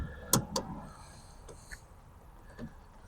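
During a rear window regulator replacement on the door of a 2009 Hummer H2 SUT, a regulator or trim clip is pushed into the rear door until it snaps back into its mount. Two sharp snaps ring out at 0.3 s and 0.6 s, followed by fainter ticks around 1.5 and 1.7 s over low background noise. The clip is confirmed seated.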